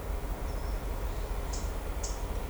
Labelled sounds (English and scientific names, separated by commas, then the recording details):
Blue-gray Tanager (Thraupis episcopus)
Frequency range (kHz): Blue-gray Tanager (Thraupis episcopus) 3.9-9.3 kHz
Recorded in shrubland near Pivijay, Magdalena, Colombia, on 3 June 2023 at 14:00
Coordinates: 10.453, -74.365
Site P5-G022